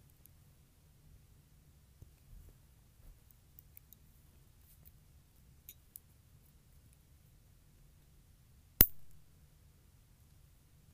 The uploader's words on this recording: ASMR Cutting and Filing my Nails.